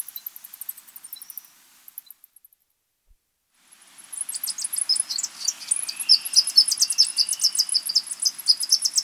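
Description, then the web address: White-lined sac-winged bat chirping calls: a short burst of very high, rapid chirps, a brief silence, then dense overlapping high-pitched chirps and trills running to the end. South American rainforest. "Natures Songs S America Mammals of the Rainforest White-lined sac-winged bat"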